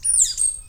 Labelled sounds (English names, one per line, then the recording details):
Stitchbird song
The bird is a male
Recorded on Tiritiri Matangi Island, New Zealand, in 2005
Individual 11, of nest box 13